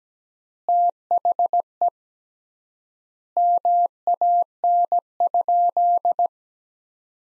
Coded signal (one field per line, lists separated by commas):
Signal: Morse code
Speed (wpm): 17 wpm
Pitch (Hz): 700 Hz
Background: none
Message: THE MAN?